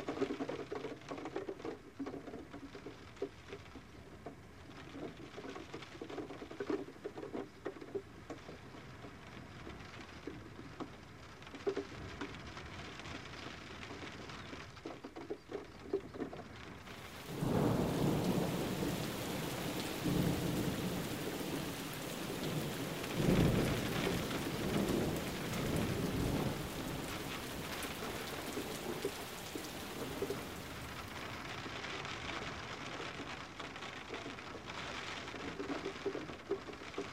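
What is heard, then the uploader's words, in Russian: Rain falls steadily outside a glass greenhouse during a thunderstorm, heard from inside a café. Around seventeen seconds the downpour swells into a louder, brighter rush with deep rumbling, and near twenty-three seconds a heavy roll of thunder peaks before the rain eases back after thirty seconds. Прячемся от грозы в ботаническом саду. Этот тёплый и дождливый вечер мы проведём в коллекции различных растений и будем любоваться грозой в окна стеклянной оранжереи, сидя в уютном кафе.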